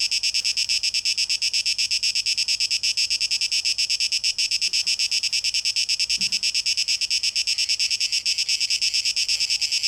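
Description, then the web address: Cicada song of dry, high-pitched buzzing, beating in a regular rapid pulse throughout. Cicadas, 12 August 2023, tape echo mix. "rauschpartikel Audio 2023-08-12 Zikaden"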